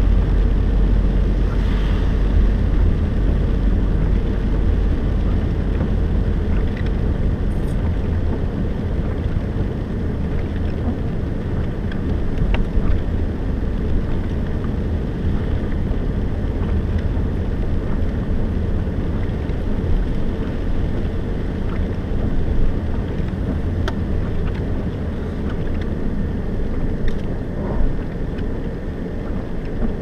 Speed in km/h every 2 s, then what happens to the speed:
30, 30, 31, 30, 28, 25, 24, 25, 24, 25, 26, 25, 24, 21, 21.
0-30 slows to 21.